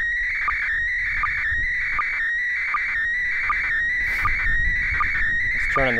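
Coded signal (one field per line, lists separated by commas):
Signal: SSTV (slow-scan television)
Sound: warbling tone between 1.5 and 2.3 kHz, short low sync chirp about every 0.8 s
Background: radio static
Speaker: SS SSV transmission will start in about 20 seconds I believe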